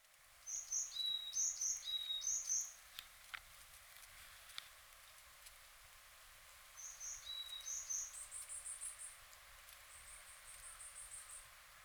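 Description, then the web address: Varied tit song: thin high whistled two-note phrases repeated three times, a second bout after a pause, then a quick high twittering series over soft steady hiss. "bird song yamagara"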